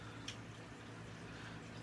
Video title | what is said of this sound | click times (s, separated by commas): LEGO set review #70909 | Okay, it locked in place that time. | 0.3 s